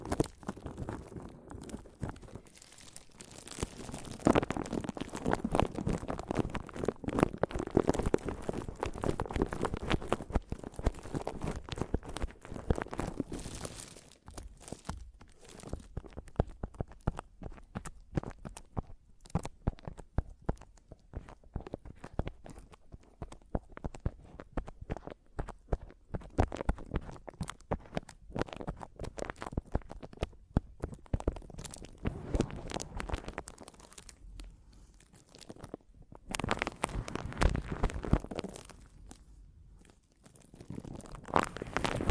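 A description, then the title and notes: Mic tapping and scratching, dry, with dense rough scraping bursts around 4–10 seconds and again near 35–39 seconds. Between them come sparser sharp taps and crackly clicks, irregular and quick, with a faint low rumble underneath. ASMR Mic Tapping and Scratching (No Talking).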